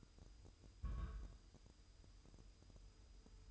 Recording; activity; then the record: daily activity, microphone in the room; place on stove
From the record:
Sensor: 2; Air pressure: 988.2 hPa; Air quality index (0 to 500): 190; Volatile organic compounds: 180 ppm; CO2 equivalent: 4143 ppm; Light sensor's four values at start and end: 21/71/28/26 and 21/71/28/27